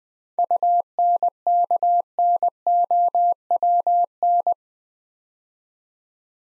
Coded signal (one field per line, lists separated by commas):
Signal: Morse code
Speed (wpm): 20 wpm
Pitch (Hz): 700 Hz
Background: none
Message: UNKNOWN